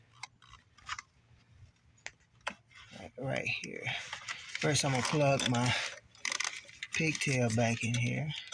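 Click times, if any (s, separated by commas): none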